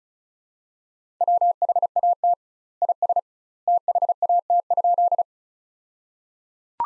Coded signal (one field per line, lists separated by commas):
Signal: Morse code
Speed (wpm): 34 wpm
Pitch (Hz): 700 Hz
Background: none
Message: WHAT IS THAT?